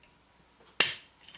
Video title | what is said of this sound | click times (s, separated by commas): Transformers DOTM "Ultimate" Optimus Prime - GotBot true Review NUMBER 518 | you hear that it snapped in place and once it's done he's super duper secure on his | 0.8 s